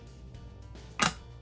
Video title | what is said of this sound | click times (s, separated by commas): Kibbles N’ Bits & Milk Bone, Clay Tumbler Topper - Fully Tutorial -- John Byerly | snap right into place right there now of course it has room for the straw to be moved around a little bit up and down | 1.0 s